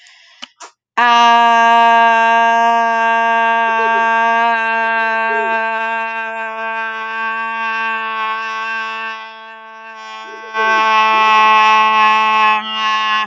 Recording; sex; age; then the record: vowel held as long as possible; female; 20 to 29 years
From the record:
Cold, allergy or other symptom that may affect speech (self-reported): no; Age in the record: 29 years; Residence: Michigan, United States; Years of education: 14